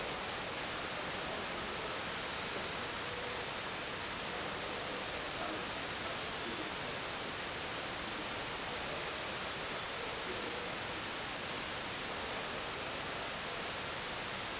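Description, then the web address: Insect giving a sustained high, even trill that never breaks, softly throbbing against low ambient hiss. "Insect Set 459"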